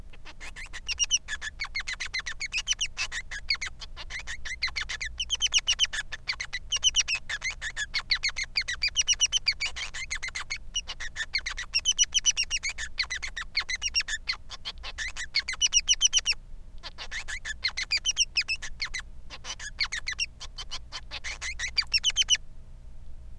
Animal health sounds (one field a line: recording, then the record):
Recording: song of a male Bengalese finch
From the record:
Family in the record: son of father 3